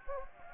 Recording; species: mosquito wingbeat signal from an infrared sensor; Anopheles gambiae